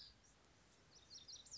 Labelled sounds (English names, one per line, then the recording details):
Lazuli Bunting
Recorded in Sonoma County, California